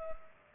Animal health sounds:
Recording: mosquito wingbeat signal from an infrared sensor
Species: Culex pipiens

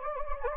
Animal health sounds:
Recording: mosquito wingbeat signal from an infrared sensor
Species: Anopheles gambiae

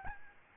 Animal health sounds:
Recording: mosquito wingbeat signal from an infrared sensor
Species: Aedes albopictus

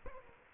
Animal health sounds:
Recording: mosquito wingbeat signal from an infrared sensor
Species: Culex quinquefasciatus

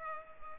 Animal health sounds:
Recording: mosquito wingbeat signal from an infrared sensor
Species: Culex pipiens

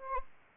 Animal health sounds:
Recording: mosquito wingbeat signal from an infrared sensor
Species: Anopheles arabiensis

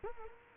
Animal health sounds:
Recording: mosquito wingbeat signal from an infrared sensor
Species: Culex quinquefasciatus

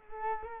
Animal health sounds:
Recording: mosquito wingbeat signal from an infrared sensor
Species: Culex quinquefasciatus

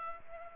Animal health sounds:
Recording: mosquito wingbeat signal from an infrared sensor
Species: Culex pipiens

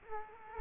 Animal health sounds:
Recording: mosquito wingbeat signal from an infrared sensor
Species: Culex quinquefasciatus

